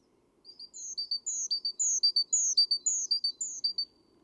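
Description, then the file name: Great tit giving a rapid, repeated pattern of high notes, short chips alternating with a longer, higher down-slurred note, with faint low background noise. "Parus major"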